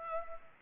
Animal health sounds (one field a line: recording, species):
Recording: mosquito wingbeat signal from an infrared sensor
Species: Culex pipiens